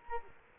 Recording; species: mosquito wingbeat signal from an infrared sensor; Culex quinquefasciatus